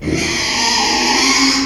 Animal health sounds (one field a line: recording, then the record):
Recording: squeal of a Yucatan mini pig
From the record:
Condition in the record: after surgery on the right vocal fold (resection and tissue-engineered implant)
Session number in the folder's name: 2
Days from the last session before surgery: 13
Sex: male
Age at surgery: 12 weeks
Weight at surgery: 13 kg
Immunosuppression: cyclosporine, prednisolone